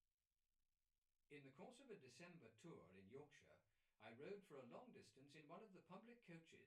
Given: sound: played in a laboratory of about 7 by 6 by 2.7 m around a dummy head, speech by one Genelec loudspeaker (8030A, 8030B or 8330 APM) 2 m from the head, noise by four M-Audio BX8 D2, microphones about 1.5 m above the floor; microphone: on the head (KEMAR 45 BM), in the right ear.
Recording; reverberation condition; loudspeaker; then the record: male speech in English; low; 120 degrees to the left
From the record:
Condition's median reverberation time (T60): about 310 ms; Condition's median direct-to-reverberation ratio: about 3.5 dB